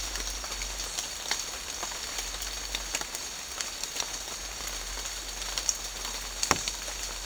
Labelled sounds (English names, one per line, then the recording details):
none
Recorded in secondary vegetation near Puerto Asís, Putumayo, Colombia, on 12 March 2025 at 09:00
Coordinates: 0.499, -76.323
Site G094